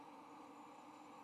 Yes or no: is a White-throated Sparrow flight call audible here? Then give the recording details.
no. No flight call is heard. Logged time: 22:51 on 15 November 2014